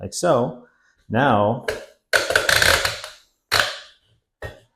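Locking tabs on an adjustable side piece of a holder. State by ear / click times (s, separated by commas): seated / 2.2 s, 2.4 s, 2.5 s, 2.8 s, 3.6 s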